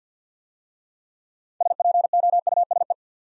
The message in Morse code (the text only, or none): SPOUSE